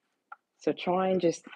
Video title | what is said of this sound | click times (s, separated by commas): 💜 Deep Cleaning Dyson cordless vacuum in less than 30 minutes - No cuts or edits - Simple & Easy | mess around with it until it clicks into place which it has you've seen that it's gone flat | 0.3 s